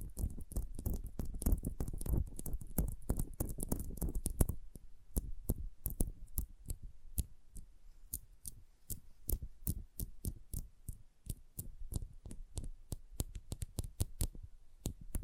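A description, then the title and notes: Sensitive ASMR tapping: dense, rapid taps with deep thumps for the first four seconds, then lighter, sparser clicks continuing at an uneven pace. ASMR Sensitive Tapping (No Talking).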